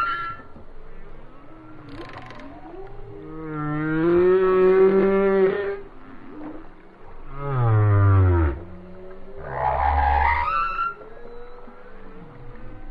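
Whale song mixing a long harmonic moan, a low falling groan and a higher nasal call, with quiet whistles and clicks between phrases.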